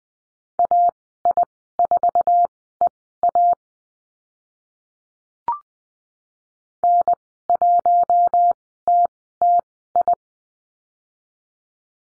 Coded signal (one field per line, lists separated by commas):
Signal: Morse code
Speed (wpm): 20 wpm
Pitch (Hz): 700 Hz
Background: none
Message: AI4EA N1TTI